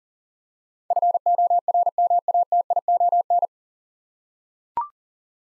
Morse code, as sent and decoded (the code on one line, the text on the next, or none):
..-. --- .-. -- .- - .. --- -.
FORMATION